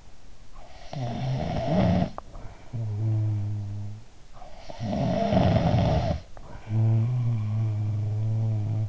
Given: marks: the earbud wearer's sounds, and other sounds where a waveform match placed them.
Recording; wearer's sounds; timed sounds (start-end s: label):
sounds in sleep by an in-ear microphone; snoring breath
0.70-4.11 s: snoring breath
4.89-8.88 s: snoring breath